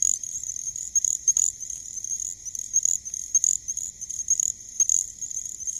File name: Pseudacris ocularis - Little Grass Frog